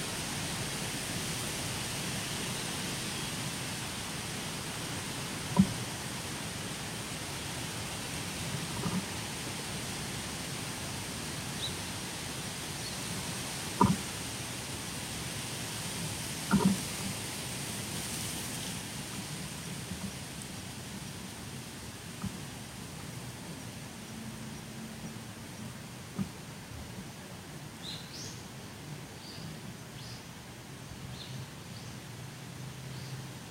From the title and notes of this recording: とある鳥鳴く風の強い木々の中. Birds singing in the windy trees. 人目につかないところにマイクを放置しといて収録。